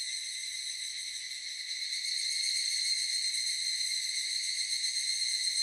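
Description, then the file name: Evening cicada producing an unbroken metallic, rapidly throbbing high-pitched song that stays loud and even throughout. Recorded on 18 July 2004. "040718 higurasi"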